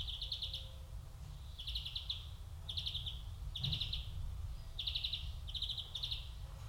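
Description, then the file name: European greenfinch giving short buzzy trilled bursts, repeated about every second, fairly soft against a strong low rumbling background. "Chloris chloris"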